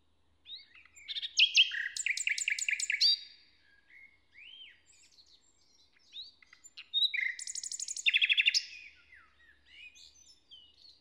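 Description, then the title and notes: Common nightingale song: two bursts of rapid repeated notes with stacked whistles, linked by softer scattered chirps and slurred notes. In a forest near Hoscheid, Luxembourg, on an early summer morning after a wet night as the sun rises; performs a kind of morning song. "hoscheid, forest, nightingale. Hoscheid - Waldmorgen. Inside the forest. recorded early on a summer morning. After a wet night the sun comes up and sparkles through the leaves of the trees. A nightingale performs a kind of morning song"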